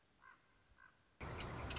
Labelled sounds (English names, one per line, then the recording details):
Common Raven
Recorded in Sonoma County, California